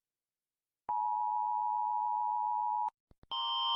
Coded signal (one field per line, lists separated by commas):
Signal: Emergency Alert System (SAME) tones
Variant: 853 and 960 Hz attention tone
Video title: Country’s EAS Alarms Animated (MY WAY) Series 1